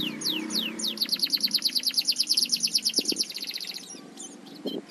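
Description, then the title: White-eye singing a fast, high twittering run of whistled notes, fading out, then a few brief chips. "Pleci"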